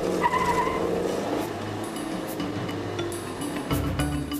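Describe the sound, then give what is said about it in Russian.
A car races along at night, driven as fast as possible, with a steady, loud engine roar whose pitch shifts, while high tire squeals whine over it in the first second; no one speaks. “Машина идет безукоризненно. Колеса совсем не стучат.”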